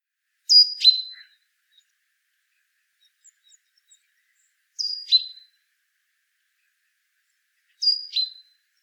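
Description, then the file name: Great tit calls: three sharp, high two-part notes, each a bright upper note dropping to a lower one, spaced a few seconds apart in silence. "Parus major"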